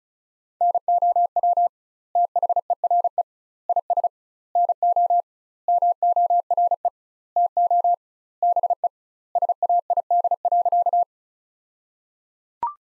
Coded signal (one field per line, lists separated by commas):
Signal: Morse code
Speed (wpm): 34 wpm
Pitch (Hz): 700 Hz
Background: none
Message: NOW THERE IS NO MORE TO BE SAID.